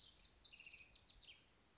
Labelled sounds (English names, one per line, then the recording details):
House Wren
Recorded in Sonoma County, California